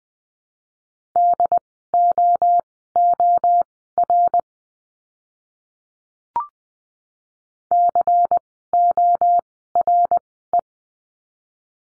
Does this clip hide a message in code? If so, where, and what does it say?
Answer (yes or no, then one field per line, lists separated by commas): yes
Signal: Morse code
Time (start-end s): 1.2-10.6 s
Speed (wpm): 20 wpm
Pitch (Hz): 700 Hz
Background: none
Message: DOOR CORE